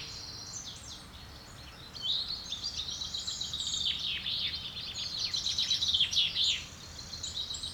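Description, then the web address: Bird chorus of quick high chirps and descending trills, quiet at first, then loud and continuous from two seconds on before easing. Woodland birds. "Effects 02-Birds, Insects Animals. Birds woodland"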